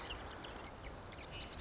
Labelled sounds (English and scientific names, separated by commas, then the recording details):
Marsh Wren (Cistothorus palustris)
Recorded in Sonoma County, California